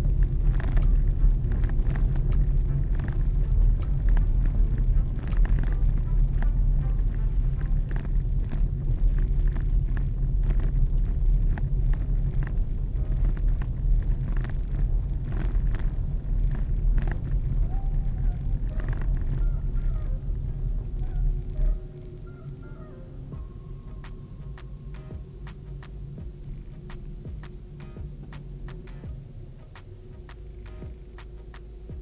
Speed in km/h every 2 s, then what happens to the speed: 24, 24, 22, 19, 20, 22, 21, 20, 21, 19, 18, 20, 20, 21, 19, 9.
0-27 steady at about 20. 27-32 slows to 9.